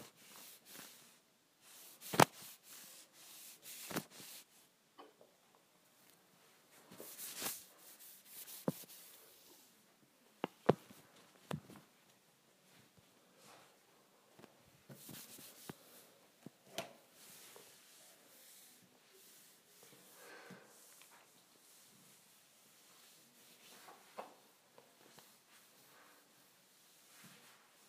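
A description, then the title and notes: Kitchen appliances being cleaned: irregular bursts of scrubbing, wiping and clattering, with sharp knocks around 2, 10 and 17 seconds. Quieter rubbing and brief scrapes fill the gaps, and there is no steady background sound. ASMR Cleaning Kitchen Appliances.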